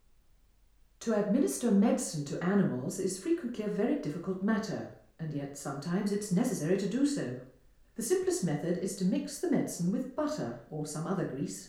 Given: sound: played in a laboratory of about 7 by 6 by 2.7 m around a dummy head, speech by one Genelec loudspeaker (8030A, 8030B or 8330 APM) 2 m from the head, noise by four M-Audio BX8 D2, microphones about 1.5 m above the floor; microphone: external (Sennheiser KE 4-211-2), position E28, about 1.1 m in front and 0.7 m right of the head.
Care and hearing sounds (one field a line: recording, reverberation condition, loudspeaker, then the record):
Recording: female speech in English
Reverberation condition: medium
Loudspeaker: 30 degrees to the left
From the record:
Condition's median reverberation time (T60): about 510 ms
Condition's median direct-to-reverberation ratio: about -0.5 dB